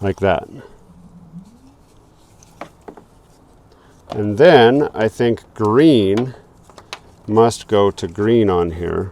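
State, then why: Seated. A purple-coded plastic wiring connector is pushed into the matching purple socket on a colour-coded harness for a Tesla CarPlay integration, clicking into place at 2.6 seconds. Someone talks before and after, with a few more small clicks and knocks of handling around it.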